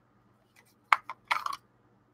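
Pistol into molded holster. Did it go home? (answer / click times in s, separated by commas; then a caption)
yes / 0.9 s. A pistol is pushed into a molded holster until the retention engages, seating with a gentle click at 0.9 s rather than a clunk like a Kydex holster. A faint tick comes first, and a smaller tap and a short cluster of brighter clicks follow, ending by about 1.6 s.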